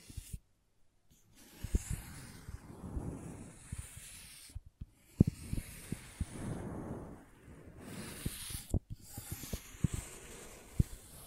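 Crayons scraping and tapping on paper, with sharp irregular taps scattered throughout and softer scratchy drawing strokes swelling around 3, 6 and 8 seconds. Brief near-silent gaps fall near 1, 4.6 and 8.8 seconds, and a hissy rasp accompanies the heavier strokes.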